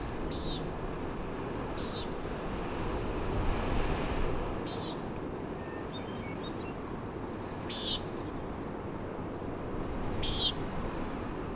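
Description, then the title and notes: Common nighthawk giving five short, nasal, buzzy peent calls at irregular intervals, over steady rushing wind and surf noise. "Common Nighthawk "peenting" and "wing booms" 3:58am on top of Schoodic Head (Schoodic Div., Acadia National Park)"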